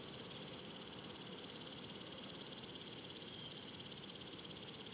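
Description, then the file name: Woodland grasshopper stridulation: a continuous high, rhythmically pulsing rasp, evenly sustained throughout. Duetting grasshoppers producing different long and short stridulations, recorded at le Puech, France, 32-bit, with a modified Earsight omni microphone. "criquets noirs ebenes differentes stridulations longue breves criquets duettistes le Puech F"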